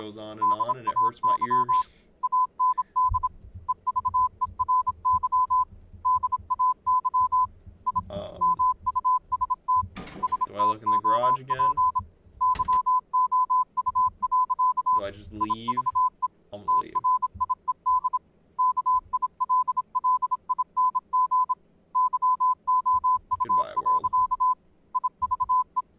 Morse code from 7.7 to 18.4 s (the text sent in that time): I MUST STOP YOU. IVE TRIED